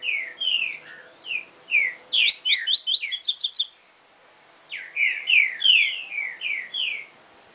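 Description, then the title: Double-collared seedeater song: sweet slurred whistles leading into a rapid high twittering trill, a short pause, then another string of slurred whistled notes. "Canto Coleiro"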